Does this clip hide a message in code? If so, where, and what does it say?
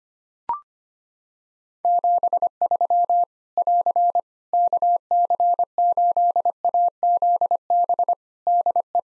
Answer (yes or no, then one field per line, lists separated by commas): yes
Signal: Morse code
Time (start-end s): 1.8-9.0 s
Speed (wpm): 25 wpm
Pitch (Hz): 700 Hz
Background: none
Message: 73 <AR> KC8AZB DE